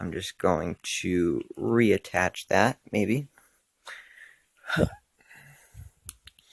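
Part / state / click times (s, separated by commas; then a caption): detachable plastic robe onto action figure body / seated / 6.1 s. Someone talks while reattaching the detachable plastic gold robe onto the body of an action figure from a Marvel Legends Thor Ragnarok Korg and Grandmaster figure two-pack. After some quieter handling sounds, the robe piece snaps back into place with a sharp click at 6.1 s, followed by a couple of smaller ticks.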